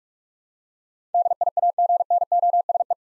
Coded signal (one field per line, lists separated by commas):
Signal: Morse code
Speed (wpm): 47 wpm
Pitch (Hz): 700 Hz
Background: none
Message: DIAGNOSE